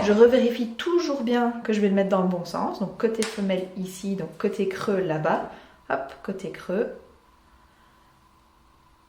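The socket (female) half of a snap fastener is placed in setting pliers with its hollow side in place, ready to be lined up on a small marked point on the fabric of a snood before pressing. Someone talks for about seven seconds, then a quiet stretch follows with only a faint steady hum. Nothing has seated or clicked yet.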